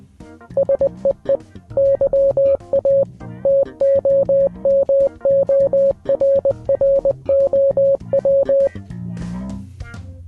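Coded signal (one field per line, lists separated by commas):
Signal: Morse code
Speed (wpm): 20 wpm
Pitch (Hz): 550 Hz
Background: music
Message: SEE YA TOMORROW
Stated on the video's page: Name spelled in Morse code using balloons.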